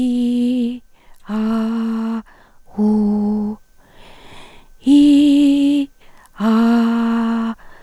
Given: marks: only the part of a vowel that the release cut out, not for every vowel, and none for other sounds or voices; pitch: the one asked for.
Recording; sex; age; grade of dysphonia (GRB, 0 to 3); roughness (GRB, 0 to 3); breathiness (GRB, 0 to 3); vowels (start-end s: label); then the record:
sustained vowels; female; 60 to 69 years; 3; 2; 1
0.00-0.58 s: vowel /i/, normal pitch
1.40-2.15 s: vowel /a/, normal pitch
2.84-3.49 s: vowel /u/, normal pitch
5.02-5.75 s: vowel /i/, high pitch
6.46-7.42 s: vowel /a/, high pitch
From the record:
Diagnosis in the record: recurrent laryngeal nerve paralysis, presbyphonia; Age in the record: 61 years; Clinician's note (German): Kompensiert, alte